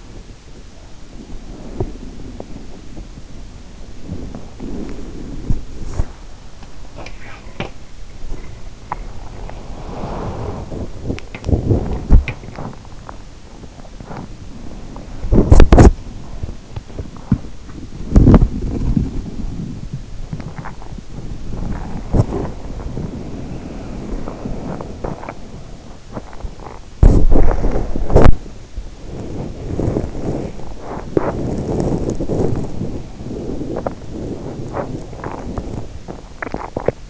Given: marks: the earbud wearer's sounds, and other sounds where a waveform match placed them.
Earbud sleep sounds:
sounds in sleep by an in-ear microphone; body movement
0.00-37.10 s: body movement

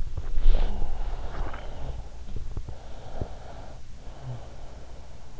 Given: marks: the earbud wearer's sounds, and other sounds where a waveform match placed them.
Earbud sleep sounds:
sounds in sleep by an in-ear microphone; breath, body movement
0.07-2.12 s: breath
0.20-3.29 s: body movement
2.63-5.40 s: breath

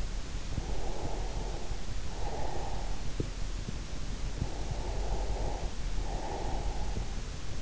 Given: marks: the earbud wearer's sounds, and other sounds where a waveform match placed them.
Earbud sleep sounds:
sounds in sleep by an in-ear microphone; breath
0.00-3.25 s: breath
4.03-7.28 s: breath

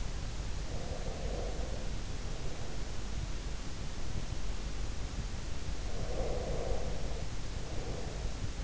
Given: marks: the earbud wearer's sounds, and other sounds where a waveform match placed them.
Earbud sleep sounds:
sounds in sleep by an in-ear microphone; breath
0.72-3.06 s: breath
5.79-8.64 s: breath

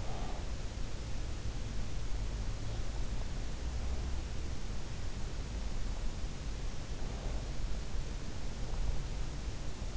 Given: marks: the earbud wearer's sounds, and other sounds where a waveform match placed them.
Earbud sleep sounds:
sounds in sleep by an in-ear microphone; breath
0.00-0.58 s: breath

